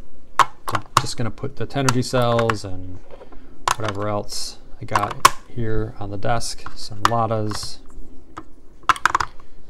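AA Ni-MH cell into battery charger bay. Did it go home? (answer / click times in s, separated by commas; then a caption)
partly / 9.1 s. Someone talks while AA Ni-MH cells, including Tenergy Premium Pro cells, are dropped into the bays of a multi-bay Tenergy AA/AAA Ni-MH charger, giving short knocks against the plastic bays. A sharp knock comes at 9.1 s, but there is no snap, and one cell is left not fully seated in its slot.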